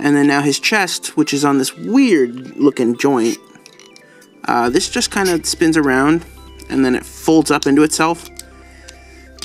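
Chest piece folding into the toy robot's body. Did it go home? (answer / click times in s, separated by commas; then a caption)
yes / 9.4 s. Someone talks while the chest section of a ToyWorld TW-T02 Aurora (2014) plastic transforming robot toy is spun around on its joint and folded up into its body. The chest piece clicks into place at 9.4 s, and the chest is locked into the toy robot's body.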